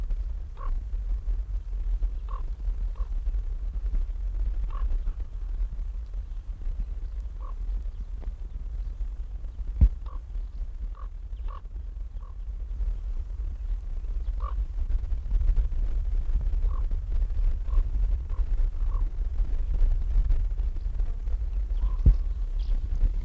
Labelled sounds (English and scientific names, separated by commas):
Upland Field Grasshopper (Chorthippus apricarius) stridulation